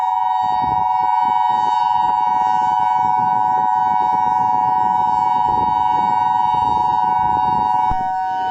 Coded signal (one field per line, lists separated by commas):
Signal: Emergency Alert System (SAME) tones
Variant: 853 and 960 Hz attention tone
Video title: EAS Scenario: The New Year's Eve Cataclysm